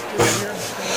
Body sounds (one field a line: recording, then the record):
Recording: coughing mixed with background sound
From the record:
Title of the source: Cough Around the Clock!